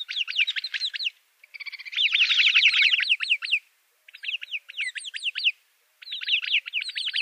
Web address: Schulze Peter Arabian Babbler calls